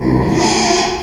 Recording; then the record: squeal of a Yucatan mini pig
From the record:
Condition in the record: after surgery on the right vocal fold (resection and tissue-engineered implant); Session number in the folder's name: 2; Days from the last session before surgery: 13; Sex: male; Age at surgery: 12 weeks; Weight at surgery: 13 kg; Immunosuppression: cyclosporine, prednisolone